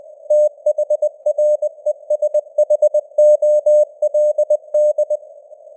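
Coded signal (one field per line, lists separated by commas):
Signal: Morse code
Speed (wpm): 20 wpm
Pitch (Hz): 600 Hz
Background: none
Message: THRESHOLD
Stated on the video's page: News headlines sent at 20 wpm with simulated radio noise and varying signal strength (QSB).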